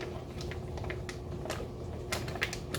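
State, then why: Not seated. A waste bag's plastic coupling is being worked one-handed toward the bottom connector of a Beermkr brewing machine, with some trouble. Light plastic taps, scrapes and rattles are heard, including a sharp tap at about 2.4 s. Nothing has seated or clicked yet.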